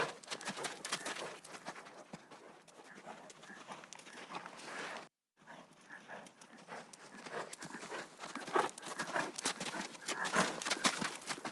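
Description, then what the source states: Horse: loud galloping hooves, a fast irregular clatter, broken by a brief silence before the hoofbeats resume and intensify. Horses galloping outdoors on sand.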